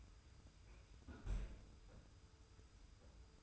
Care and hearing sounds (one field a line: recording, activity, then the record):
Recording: daily activity, microphone in the room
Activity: close fridge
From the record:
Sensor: 2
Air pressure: 990.9 hPa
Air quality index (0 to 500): 127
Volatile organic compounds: 118 ppm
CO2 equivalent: 3864 ppm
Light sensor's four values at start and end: 22/53/21/21 and 22/52/21/21